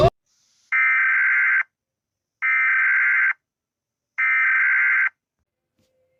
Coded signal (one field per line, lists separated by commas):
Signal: Emergency Alert System (SAME) tones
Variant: header bursts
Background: speech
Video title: EAS Alerts #11/#12/#13/#14/#15/#16 - Required Weekly Test during ChaosEmeraldStar Compilation (VPTV)